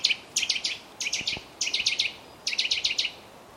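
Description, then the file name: Eurasian nuthatch giving rapid series of high, sharply descending notes in short groups, repeated several times in quick succession. "Sitta europaea"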